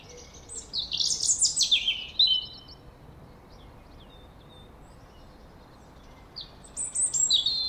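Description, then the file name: European robin delivering a rapid, high cascade of liquid notes and descending trills, then quiet before a short fresh phrase near the end. "Erithacus rubecula"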